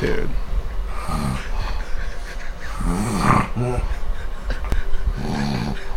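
Deep, low-pitched groaning sounds recur in three bursts over about six seconds, each rattling and voiced like a moan, against a steady low hum. These are loud sleep snoring sounds with occasional moaning from an adult man out cold in deep sleep, mostly snoring but every once in a while moaning.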